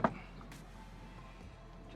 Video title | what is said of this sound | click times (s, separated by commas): Replacing Dash Trim on the 2014 Tesla model S | and you will hear it snap off. There you go. | 0.0 s